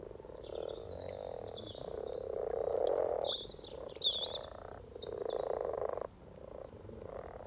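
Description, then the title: Many frogs purring together in long pulsed croaking bursts with short pauses, while garden birds twitter and whistle. Chorus of about 20 frogs in sunny garden pond, some floating, some on fresh spawn, welcoming arriving females; Freshfield, Formby, Merseyside, UK; sunny St Patrick's day lunchtime, 17 March 2023, spring. "Frog Chorus Spring sounds first Lunch outside St Patrick’s day 17 March 2023 . Freshfield, Formby"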